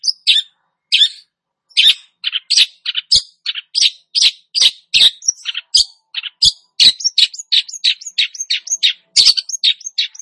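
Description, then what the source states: Long-tailed shrike pouring out a fast, continuous medley of varied chirps, squeaks and harsh notes, growing denser toward the end. Described as "gacor", meaning singing actively and vigorously.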